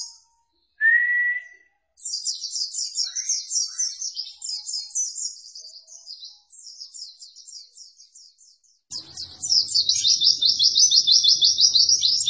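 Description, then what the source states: White-eye song: a short whistled note, then long rapid streams of high twittering phrases, growing louder near the end, with a faint low hum beneath. Masteran (tutor) recording for training cage birds; pleci white-eye singing in gacor (vigorous, continuous) style.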